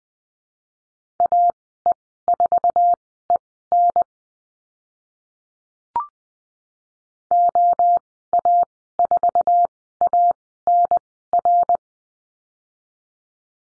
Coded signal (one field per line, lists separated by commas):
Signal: Morse code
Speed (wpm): 20 wpm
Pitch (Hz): 700 Hz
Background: none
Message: AE4EN OA4ANR